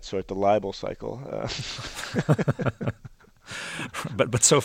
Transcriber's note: soundbite of laughter